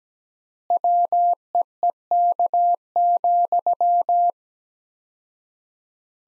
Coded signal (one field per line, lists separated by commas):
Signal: Morse code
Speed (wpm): 17 wpm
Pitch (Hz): 700 Hz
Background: none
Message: WEEK,